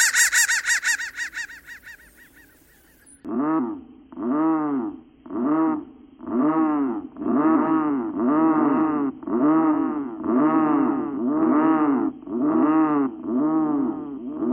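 Crow sounds open with a brief run of high, rapid notes, then a long series of loud, deep, arched caws spaced about a second apart.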